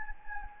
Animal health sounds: mosquito wingbeat signal from an infrared sensor; Anopheles gambiae

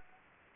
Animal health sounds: mosquito wingbeat signal from an infrared sensor; Anopheles gambiae

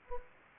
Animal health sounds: mosquito wingbeat signal from an infrared sensor; Anopheles gambiae

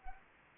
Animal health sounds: mosquito wingbeat signal from an infrared sensor; Anopheles arabiensis

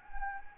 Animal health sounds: mosquito wingbeat signal from an infrared sensor; Anopheles gambiae

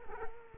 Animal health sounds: mosquito wingbeat signal from an infrared sensor; Culex quinquefasciatus

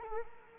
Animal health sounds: mosquito wingbeat signal from an infrared sensor; Culex quinquefasciatus

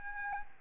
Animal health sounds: mosquito wingbeat signal from an infrared sensor; Aedes albopictus

